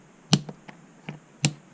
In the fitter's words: it's pressed in there you can push it down until it snaps in place like